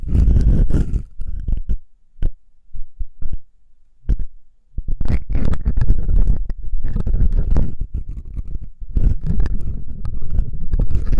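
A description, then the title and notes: Hair picking: dense, scratchy rustling with crisp crackles over a muffled, low rubbing. The texture thins to a few sparse ticks between about two and four and a half seconds, then returns thick and busy, easing briefly around eight seconds. Pure hair picking, delicate and different tingling comfort, electric-like feeling.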